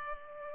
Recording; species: mosquito wingbeat signal from an infrared sensor; Culex pipiens